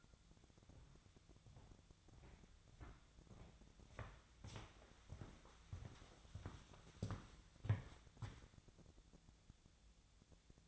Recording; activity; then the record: daily activity, microphone in the room; walk to room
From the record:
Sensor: 3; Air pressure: 999.9 hPa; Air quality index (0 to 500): 122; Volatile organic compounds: 2 ppm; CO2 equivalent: 1097 ppm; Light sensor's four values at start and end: 39/96/42/46 and 33/80/36/40